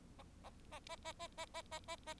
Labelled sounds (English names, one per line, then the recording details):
Bengalese Finch song
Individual Bird4